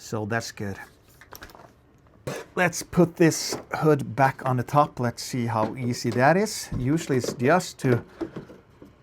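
A plastic hood/body shell is handled and lined up on top of an RC crawler chassis (the LC80) while someone talks, with a few faint handling taps around 1.2–1.6 s and a bump near 2.3 s. Nothing has seated or clicked into the latch yet.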